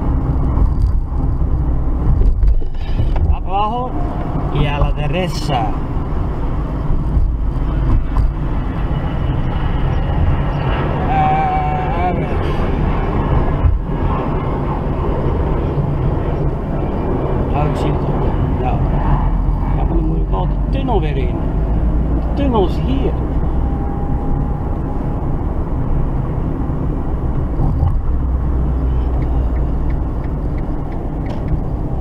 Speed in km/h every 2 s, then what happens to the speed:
36, 36, 35, 30, 26, 21, 24, 25, 25, 27, 35, 39, 41, 40, 36, 37.
4-11 slows to 21. 11-23 speeds up to 41. 23-32 steady at about 37.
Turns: 12-19.